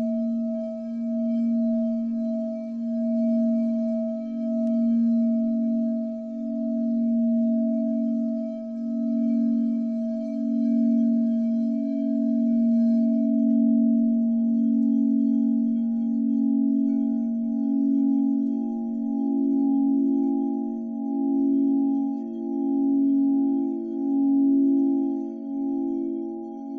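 Crystal bowl music: a sustained, pure low tone rings throughout, with a steady higher tone above it. The sound pulses gently in slow, even waves, and partway through a second bright tone joins, thickening the sustained hum. No other sounds intrude.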